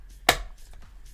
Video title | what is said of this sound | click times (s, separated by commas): Oculus Quest 2: Kiwi Design Head Strap Unboxing, Install & Review | that clicks in there really secure | 0.3 s